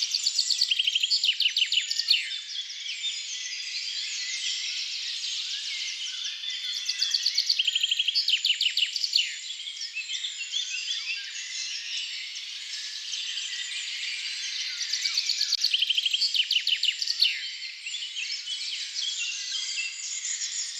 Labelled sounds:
Common Chaffinch (Fringilla coelebs) song
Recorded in the wild
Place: Waltershofen / Freiburg im Breisgau, Baden-Württemberg, DE
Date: 1996-05-26
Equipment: Dat-Recorder Casio DA 7, Telinga DAT, Telinga-Parabolspiegel
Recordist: Schwarz, Dieter

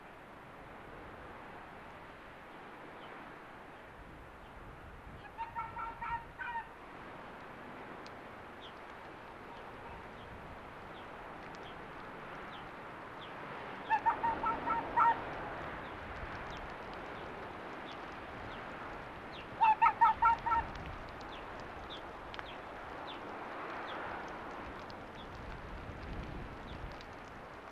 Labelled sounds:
Arctic Fox (Vulpes lagopus)
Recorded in the wild
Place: Insel Mednyi, Kommandeur-Inseln, RU
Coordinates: 54.5167, 168.083
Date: 1999-07-05 20:04
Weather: Nebel, 8°C
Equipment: Sony WM-D6C, Sennheiser ME 80, K 30 AV, Filter, Windkorb, Kopie Tascam DA 30
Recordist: Jakupi, Antje

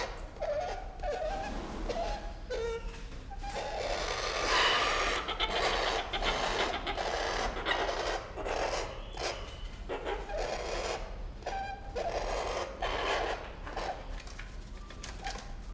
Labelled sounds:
White-crowned Hornbill (Berenicornis comatus) call
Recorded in captivity
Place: Zoo Berlin, Berlin, DE
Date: 1992-07-11 11:35
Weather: bedeckt, z.T. Regen, 17-22°C
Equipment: Marantz CP 430, Sennheiser ME 80, Kopie Tesla B 116
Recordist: Tembrock, Günter

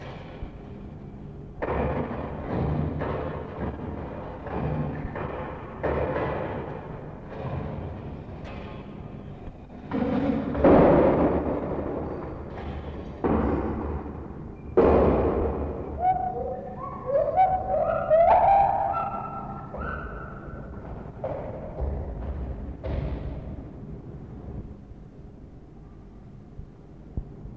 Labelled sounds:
Lar Gibbon (Hylobates lar)
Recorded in captivity
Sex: pair
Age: adult
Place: Zoo Berlin, Berlin, DE
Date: 1960-11-12 12:00
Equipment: Minifon, Kopie Smaragd
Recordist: Tembrock, Günter

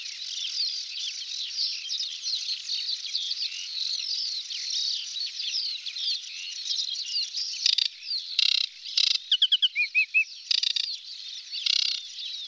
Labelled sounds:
Aquatic Warbler (Acrocephalus paludicola) song
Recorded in the wild
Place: Nagyivan / Hortobagy Nationalpark, HU
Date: 1990-05-15
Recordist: Schwarz, Dieter
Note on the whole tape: Song

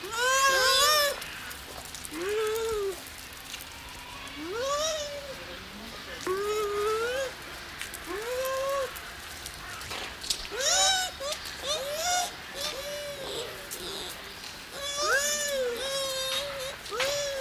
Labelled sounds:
Bush Dog (Speothos venaticus)
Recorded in captivity
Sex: pair
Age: adult
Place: Zoo Berlin, Berlin, DE
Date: 1993-10-16 11:43
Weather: heiter, 6-10 °C
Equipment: Marantz CP 430, Sennheiser MKH 416 T, Kopie Uher Variocord 263
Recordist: Tembrock, Günter

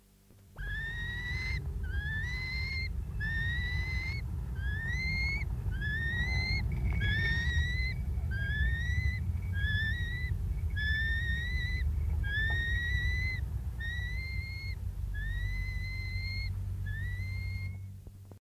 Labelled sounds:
European Honey Buzzard (Pernis apivorus) begging call
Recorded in the wild
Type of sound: begging call
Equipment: Halbspur, 9,5 cm/s
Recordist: Lütgens, Hans
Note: Bettelruf

